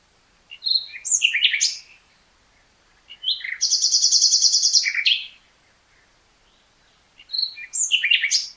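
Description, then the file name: Common nightingale song: varied chirping phrases with a long, loud, rapid trill in the middle, three bursts split by short silences. "Luscinia megarhynchos"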